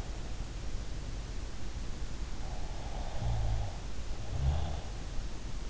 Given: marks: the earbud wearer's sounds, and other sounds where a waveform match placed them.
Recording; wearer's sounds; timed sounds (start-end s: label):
sounds in sleep by an in-ear microphone; snoring breath
2.46-4.92 s: snoring breath